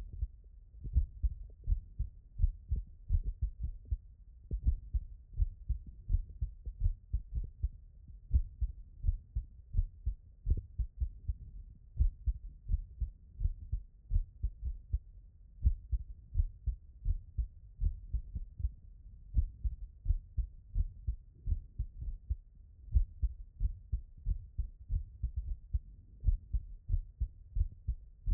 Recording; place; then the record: heart sounds by stethoscope; tricuspid valve (TV)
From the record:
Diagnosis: non-HFrEF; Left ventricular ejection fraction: 71%